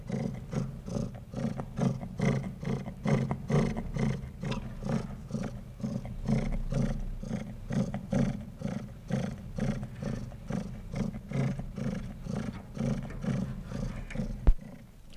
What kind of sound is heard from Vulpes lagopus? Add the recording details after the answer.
growling. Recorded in captivity. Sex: female. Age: adult. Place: Zoologisches Institut der HUB, Berlin, DE. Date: 1959-11-24 11:30. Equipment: Reporter, Vollspur. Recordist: Tembrock, Günter